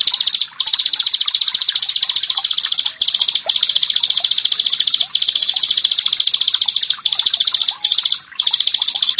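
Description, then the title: Bar-winged prinia song: long bursts of rapid, buzzy, high-pitched notes separated by short breaks. "Ciblek Sawah 1"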